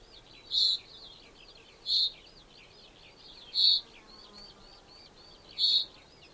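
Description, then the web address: Common chaffinch giving short, sharp metallic call notes, one every one and a half to two seconds, over a busy chatter of thin whistles from other small birds. "Deverinetal 2025 File origin Bird Only Fr Co"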